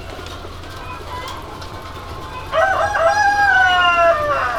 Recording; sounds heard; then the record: poultry house recording; healthy chickens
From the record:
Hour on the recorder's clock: 0